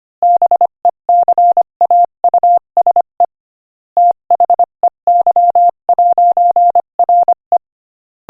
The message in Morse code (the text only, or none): BECAUSE THEY'RE